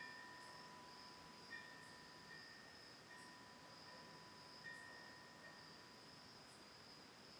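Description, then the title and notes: Steady high cricket trill continues as a single windbell tolls with sustained ringing tones. Autumn night, Oct. 10th 2020, lakeside home in Ithaca, New York, by Cayuga Lake; a tolling windbell also heard. "Autumn Night: Ithaca, New York. Recorded Oct. 10th 2020 from a lakeside home in Ithaca, New York. Sounds of crickets, birds and a single tolling windbell (Cosanti Bells)"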